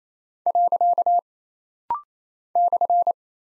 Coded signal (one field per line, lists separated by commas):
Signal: Morse code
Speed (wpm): 27 wpm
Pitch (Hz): 700 Hz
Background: none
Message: . /